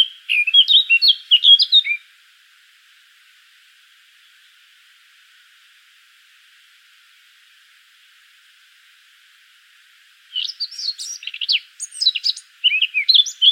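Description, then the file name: Eurasian blackcap song in two short bursts of quick, tumbling whistled notes, the first lasting two seconds, then a long silence before the second burst. "Sylvia atricapilla"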